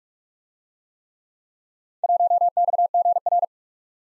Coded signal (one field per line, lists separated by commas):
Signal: Morse code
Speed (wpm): 44 wpm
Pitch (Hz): 700 Hz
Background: none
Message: 1XGR